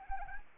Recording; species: mosquito wingbeat signal from an infrared sensor; Anopheles arabiensis